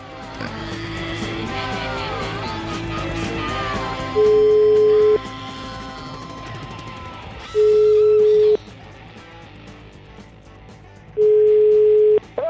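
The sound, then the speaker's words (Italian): A telephone call to a restaurant rings out: three steady, mid-pitched ringback tones, each about a second long and spaced a few seconds apart, sounding loud over a busy, cluttered background. “La telefonatina, una bellissima telefonata farei proprio al ristorante.”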